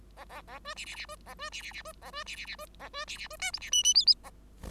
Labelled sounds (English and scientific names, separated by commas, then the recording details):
Bengalese Finch (Lonchura striata domestica) song
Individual Bird5